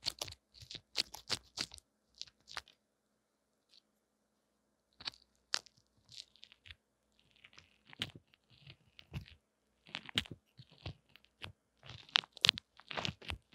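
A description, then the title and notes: Crisp crunching and scratching against an earphone mic, in quick irregular bursts of sharp crackles. The sounds come in clusters with a near-silent pause around two to five seconds, then resume densely through the end. SamsungAKG耳機.強烈刺痛感受. Intense Earphone Mic Tingles | No Talking.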